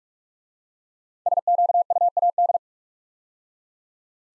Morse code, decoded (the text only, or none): SQUAD